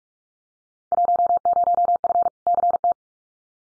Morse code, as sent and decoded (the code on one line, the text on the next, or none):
.---- ----- ..-. / -.-. -
10F CT